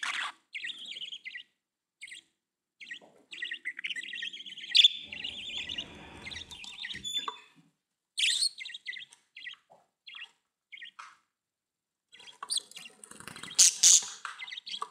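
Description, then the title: Budgerigar chatter, a run of short chirps and warbled notes with pauses and a louder burst of squawky notes near the end. "Budgie Sounds"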